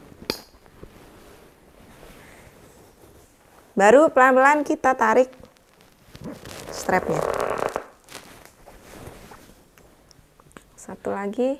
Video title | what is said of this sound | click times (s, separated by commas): Review Cuddleme Ultimo Carrier | Sampai bunyi klik baru | 0.3 s